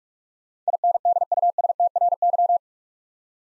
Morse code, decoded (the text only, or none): INDUSTRY